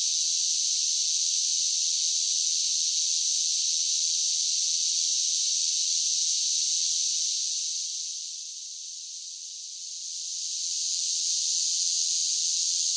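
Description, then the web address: Massed cicadas producing a constant shrill buzz that dips in loudness for a few seconds before rising again. Large groups of cicadas singing. "Blast Wave SSFX Cicadas Sing"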